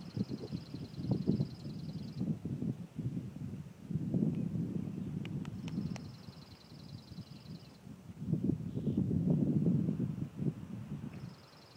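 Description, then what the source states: Bird giving high, fast buzzy trills of about two seconds, repeated a few times, over gusts of wind. Recorded in the forest on Signal Hill, with wind.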